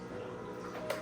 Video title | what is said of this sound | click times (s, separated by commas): Fluval Aqua Clear Hang on Back Filter Unboxing and Review #aquarium #tgma #fishkeeping #fishtank | So when you put it in, you should hear a click. | 0.9 s